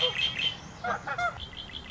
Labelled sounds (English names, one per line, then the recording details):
Red-winged Blackbird
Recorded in Sonoma County, California